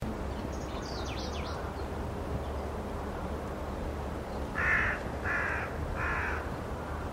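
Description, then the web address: Bird calls, three harsh cawing notes less than a second apart near the end, over steady low rumbling noise, with faint higher chirps early on. "cianscape. Deverinetal. Bird Only"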